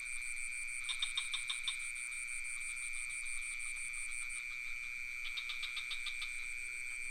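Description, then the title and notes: Crickets give a steady high trill with a pulsing buzz above, while quick clicking frog bursts appear around one second and after five seconds. Recorded near a pond in Ubud with some frogs calling; Sony PCM D50 recorder with Rode NT4 microphone. "Crickets and frogs in Ubud. Recorded near the pond in Ubud. Sublime frequencies of crickets and some frogs"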